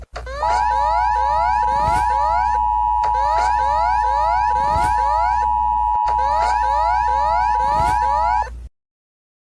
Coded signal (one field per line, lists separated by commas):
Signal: Emergency Alert System (SAME) tones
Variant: 853 and 960 Hz attention tone